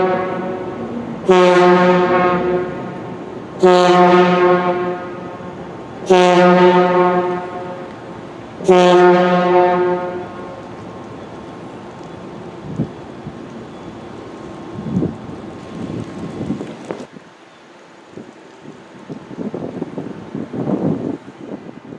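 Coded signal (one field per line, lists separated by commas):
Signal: siren signal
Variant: Gamewell Diaphone Type B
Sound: four deep, loud diaphone horn blasts, each about 1.5 s with a fading tail, then outdoor ambience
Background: outdoor traffic noise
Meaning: Memorial blasts marking the 9/11 timeline, here the 10:28 AM tower collapse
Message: 4 long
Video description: Hicksville FD was sounding there horns today at 8:46 AM, 9:03 AM, 9:59 AM, and 10:28 AM to indicate the 9/11 timeline on the World Trade Center. I was able to capture the 10:28 AM blasts on video.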